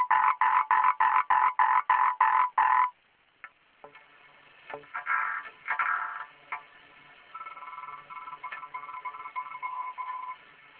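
Frog giving a rapid run of rasping croaks for nearly three seconds, then scattered fainter croaks and a quieter trill toward the end.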